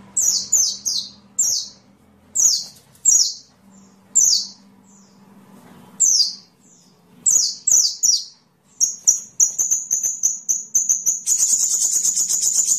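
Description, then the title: Van Hasselt's sunbird calls: sharp, high, descending chips in small clusters, ending in a sustained high trill. Kolibri ninja song used as masteran (tutor) fill-in material for training songbirds. "MASTERAN BURUNG. Isian Kolibri ninja (konin)"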